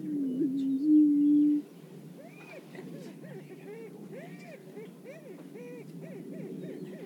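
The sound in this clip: Greater prairie-chickens calling: a steady low hooting moan for over a second, then a run of repeated arching, whooping cackles rising and falling.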